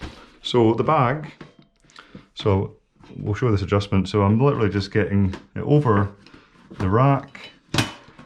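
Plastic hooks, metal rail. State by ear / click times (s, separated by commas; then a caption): seated / 7.8 s, 8.2 s. A Vaude Aqua Back Plus pannier's quick-mount hooks are lowered over a bicycle rack rail and pushed down while someone talks. Both hooks latch with clicks at 7.8 s and 8.2 s, and the pannier is seated on the rack.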